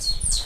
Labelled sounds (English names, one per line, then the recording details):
Stitchbird song
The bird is a male
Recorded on Tiritiri Matangi Island, New Zealand, in 2005
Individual 7, of nest box 9